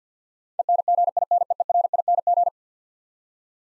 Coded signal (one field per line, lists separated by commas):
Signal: Morse code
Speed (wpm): 50 wpm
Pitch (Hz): 700 Hz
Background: none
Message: ENGINEERING